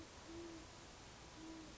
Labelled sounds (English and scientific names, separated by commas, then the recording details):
Great Horned Owl (Bubo virginianus)
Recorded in Sonoma County, California